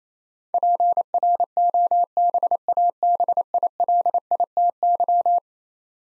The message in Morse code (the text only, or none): PROBABILITY